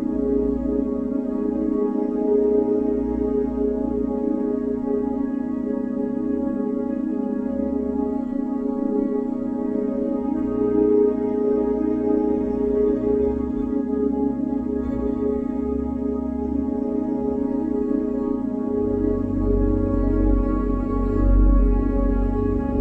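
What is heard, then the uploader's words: A sustained, shimmering chime tone hangs at an even level throughout, its stacked ringing layers sitting mostly in the low middle range. Beneath it a deep hum swells and thins, growing fuller in the last few seconds. No separate strikes stand out. Chime & 30hz Brain Waves.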